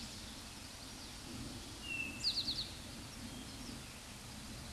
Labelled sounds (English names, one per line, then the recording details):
Eastern Towhee song
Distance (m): 10 m
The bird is about 5 m above the microphone
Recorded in a Pennsylvania forest on 16 May 2024 at 09:47
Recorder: AudioMoth, point MSD-2142
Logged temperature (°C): 16.7 °C
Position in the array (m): 1 m, 44 m